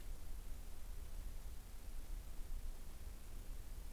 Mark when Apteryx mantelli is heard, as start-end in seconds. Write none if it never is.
none